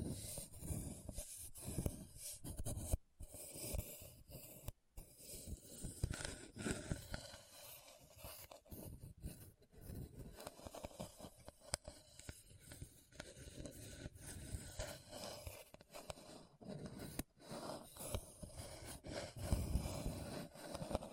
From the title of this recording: Hard and Bumpy Surface Scratching